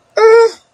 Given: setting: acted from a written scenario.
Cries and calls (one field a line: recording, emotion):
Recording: vocal sound without words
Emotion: distress